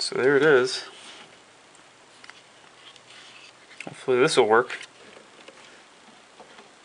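A new solid state drive is handled and fitted by hand toward its mount or adapter in an old PC, while someone talks at the start and again around 4 seconds. Faint taps and light handling noises come between about 2.2 and 5.5 seconds. Nothing has seated or clicked into place yet by the end of the clip.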